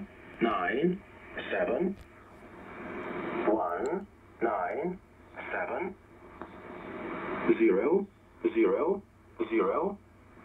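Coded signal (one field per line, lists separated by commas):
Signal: numbers station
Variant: E07a, English male voice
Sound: male voice reading short words at a steady pace, with longer phrases between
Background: radio static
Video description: This is E07a "The English Man"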